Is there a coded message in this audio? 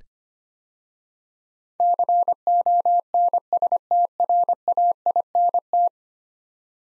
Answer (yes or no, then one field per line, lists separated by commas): yes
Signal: Morse code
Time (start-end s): 1.8-5.9 s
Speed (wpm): 25 wpm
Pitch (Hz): 700 Hz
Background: none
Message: CONSTRAINT